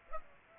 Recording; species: mosquito wingbeat signal from an infrared sensor; Aedes aegypti